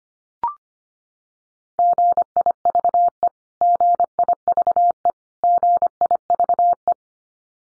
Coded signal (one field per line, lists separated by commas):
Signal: Morse code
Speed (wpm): 25 wpm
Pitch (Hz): 700 Hz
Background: none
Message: GIVE GIVE GIVE